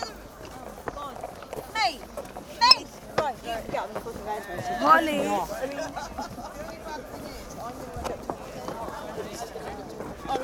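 A night walk through the Glastonbury festival grounds, with a dense crowd chatter throughout, louder voices and shouts near the start and middle.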